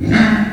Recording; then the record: squeal of a Yucatan mini pig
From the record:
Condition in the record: after surgery on the right vocal fold (resection and tissue-engineered implant); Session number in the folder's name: 1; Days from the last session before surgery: 13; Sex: female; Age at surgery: 19 weeks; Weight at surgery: 25 kg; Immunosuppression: prednisolone